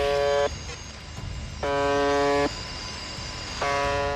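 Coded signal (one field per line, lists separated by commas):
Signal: channel marker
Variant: UVB-76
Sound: harsh low buzz lasting about a second, repeating every two seconds, three times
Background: radio static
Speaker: 대체 무슨 방송인지 같이 들어보시죠. 모르스 부호인가? 저게 어제도 나오고 오늘도 나오고 내일도 나오는 거예요.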